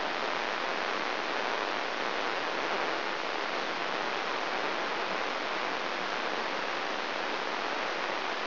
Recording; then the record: brain microelectrode recording played as sound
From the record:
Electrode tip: inside the subthalamic nucleus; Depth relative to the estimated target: 0 mm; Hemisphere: right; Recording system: AlphaMap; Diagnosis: Parkinson's disease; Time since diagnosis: 26 years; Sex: female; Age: 68 years